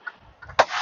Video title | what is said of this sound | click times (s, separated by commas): POV BACKING, BACKING AND MORE BACKING!!! - KELLOGG'S TO HATTIESBURG AND LAKELAND FL - TRUCKING LIFE | all right so listen for the click just give it a little | 0.6 s